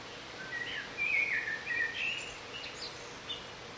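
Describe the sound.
Bird song: a rapid jumble of warbled, chattering whistles, louder in the middle, with a faint steady hum underneath.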